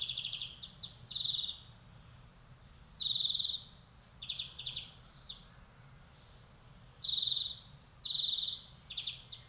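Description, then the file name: European greenfinch with short pulsed trills mixed with sharp abrupt chips, delivered in scattered clusters over a quiet low background hum. "Chloris chloris"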